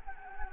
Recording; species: mosquito wingbeat signal from an infrared sensor; Anopheles arabiensis